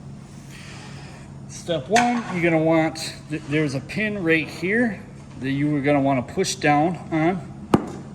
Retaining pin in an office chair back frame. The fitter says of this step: you'll hear it pop out